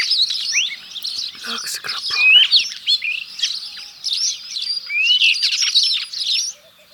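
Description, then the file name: Black scrub robin singing a varied, continuous warble of sweet whistles, rising slurs and scratchy chirps, high-pitched with brief pauses between phrases. Recorded in Saudi Arabia on 5 February 2011. "Black Scrub Robin Saudi Arabia 05 02 2011 © Abdul Rahman Al-Sirhan"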